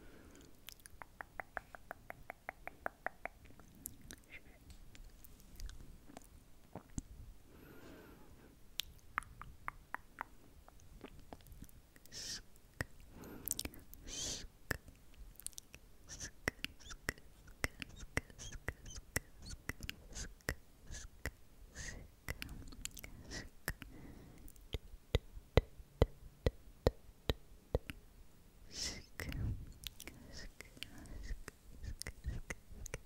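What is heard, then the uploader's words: Hand movements and mouth sounds fill the clip with dense, irregular clicks, smacks and wet chewing-like noises, coming in quick bursts throughout. A rapid run of crisp ticks opens the first few seconds, and louder rustling swells appear around 13 and 29 seconds. ASMR Tingly Hand Movements And Mouth Sounds (tongue clicking, SkSk, trigger words).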